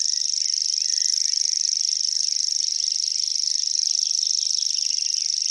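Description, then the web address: Common grasshopper warbler delivering a continuous high insect-like reel, a fast even ticking buzz held without a break throughout. "fuglelyder-1 gresshoppesanger"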